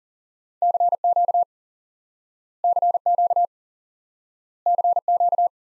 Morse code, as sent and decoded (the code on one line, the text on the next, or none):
-.-. --.- / -.-. --.- / -.-. --.-
CQ CQ CQ